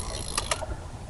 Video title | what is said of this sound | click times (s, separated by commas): Weapon Wednesday! | And hear that click? That means you're full. | 0.4 s, 0.5 s